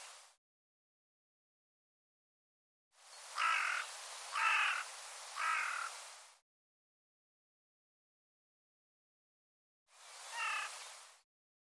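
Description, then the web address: Bird giving harsh, nasal caw-like calls, three in quick succession, then a single call after a long silent pause. "cianscape birddata Deverinetal 2025"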